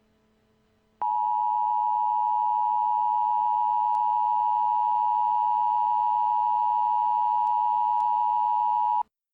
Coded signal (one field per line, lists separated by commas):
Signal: Emergency Alert System (SAME) tones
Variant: 853 and 960 Hz attention tone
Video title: EAS Scenario - Chemical Accident